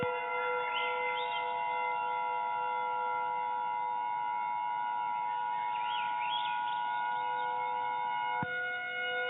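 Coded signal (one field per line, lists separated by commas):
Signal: Emergency Alert System (SAME) tones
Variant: 853 and 960 Hz attention tone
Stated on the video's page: Fictional EAS scenario.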